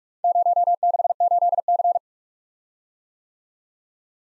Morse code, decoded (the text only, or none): 068C